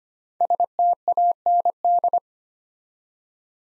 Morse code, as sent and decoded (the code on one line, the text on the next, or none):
... - .- -. -..
STAND